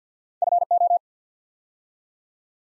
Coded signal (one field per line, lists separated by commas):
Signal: Morse code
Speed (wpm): 48 wpm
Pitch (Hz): 700 Hz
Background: none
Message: FO